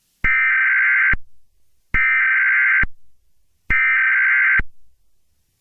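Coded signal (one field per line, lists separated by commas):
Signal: Emergency Alert System (SAME) tones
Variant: header bursts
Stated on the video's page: Fictional EAS scenario about a tornado outbreak, not representing any real event, made with phone editing apps.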